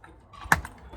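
A canvas press stud socket is pressed onto a male stud on a boat, fastening the canvas. A loud, sharp snap lands at 0.5 s, with fainter ticks around it, and the stud is seated.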